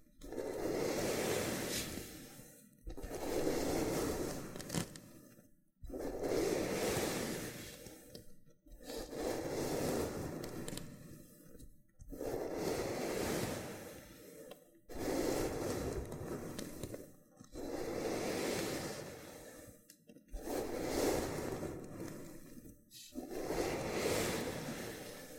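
Loofah scrubbing in repeated long strokes, each a dense rough scrape lasting about two to three seconds, separated by brief silences. The strokes come at a steady pace throughout, with a bright crackly hiss over a fuller low rasp.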